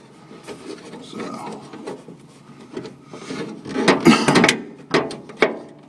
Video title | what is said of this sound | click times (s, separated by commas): Repairing Ford van side door cables | one snap, two snaps snapped in place. | 4.5 s, 5.4 s